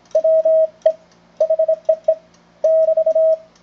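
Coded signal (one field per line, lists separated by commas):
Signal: Morse code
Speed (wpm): 26 wpm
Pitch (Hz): 640 Hz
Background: radio noise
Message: WE HEE <BT>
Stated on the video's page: CW contact using a vintage Collins 32V2 transmitter and 75A4 receiver.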